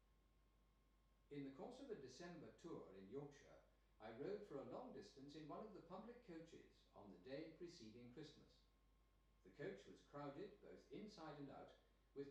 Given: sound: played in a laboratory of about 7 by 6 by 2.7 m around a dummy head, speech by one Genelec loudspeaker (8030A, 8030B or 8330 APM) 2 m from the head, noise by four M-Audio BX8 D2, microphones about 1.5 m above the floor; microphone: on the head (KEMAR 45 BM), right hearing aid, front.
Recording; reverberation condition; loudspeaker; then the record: male speech in English; medium; 60 degrees to the left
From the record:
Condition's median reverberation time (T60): about 510 ms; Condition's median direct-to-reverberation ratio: about -0.5 dB